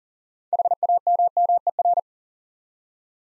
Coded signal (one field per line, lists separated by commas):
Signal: Morse code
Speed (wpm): 43 wpm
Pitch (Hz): 700 Hz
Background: none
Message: HAMMER